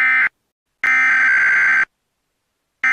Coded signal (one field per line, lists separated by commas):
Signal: Emergency Alert System (SAME) tones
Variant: header bursts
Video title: EAS Mock: EAS Test after EAS Test